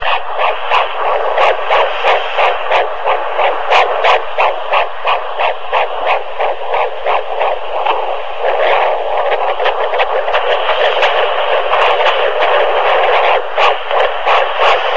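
Fast, regular whooshing pulses through steady hiss, at roughly 170 to 180 a minute, the galloping sound of a baby's heartbeat before birth picked up by a Doppler monitor. The rate sits in the quick range typical of a fetus.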